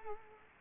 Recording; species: mosquito wingbeat signal from an infrared sensor; Culex quinquefasciatus